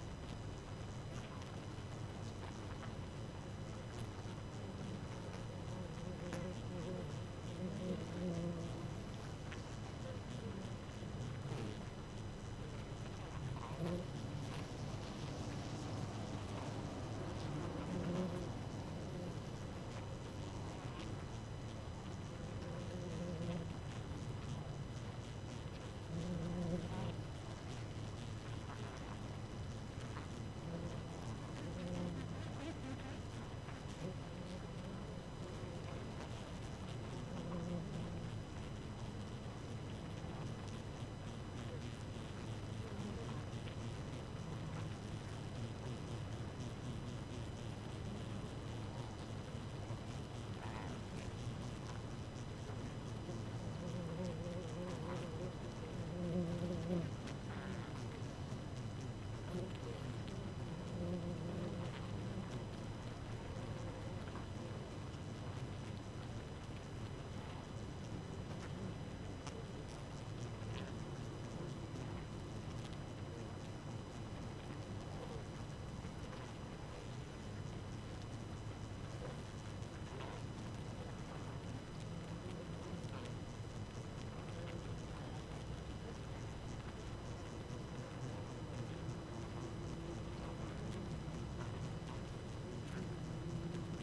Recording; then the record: honeybee colony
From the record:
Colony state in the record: active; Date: 12 June 2018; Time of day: 4:03